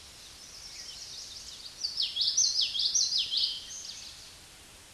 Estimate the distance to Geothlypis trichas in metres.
about 15 m